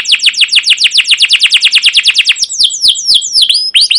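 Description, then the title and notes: Canary singing a rapid, rhythmic series of falling high notes, then slower varied swooping whistles and chirps. Caged canary singing continuously in the chirping and rolling style called cuit cuit ngerol, used as a lure and master song for young canaries learning sounds. "CUIT CUIT NGEROL LANGSUNG GACOR PANJANG Kenari Pancingan KENAR. PANCINGAN Kenari GACOR PANJANG Cuit CUIT EMOSI MASTERAN Kenari PAUD belajar BUNYI. burung kenari"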